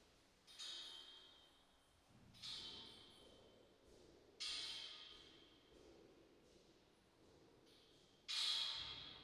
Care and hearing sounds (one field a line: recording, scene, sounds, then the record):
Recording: everyday scene through a hearing-aid microphone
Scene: reverberant space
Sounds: background noise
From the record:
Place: staircase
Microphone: in the ear canal, right